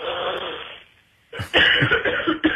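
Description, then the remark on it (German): A muffled rush of noise fades to a brief silence, then harsh, raspy coughs burst out, a short one followed by a longer, rougher fit ending in a final sharp hack. “Da muss man mal husten.”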